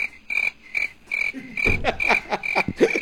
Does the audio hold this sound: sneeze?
no